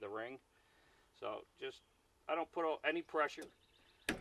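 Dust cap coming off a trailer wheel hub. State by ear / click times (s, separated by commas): released / 4.1 s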